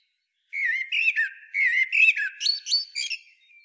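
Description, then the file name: Common blackbird song: a mellow, fluty warbled phrase of several rich notes, ending in higher, thinner squeaky notes that fade away. "Turdus merula"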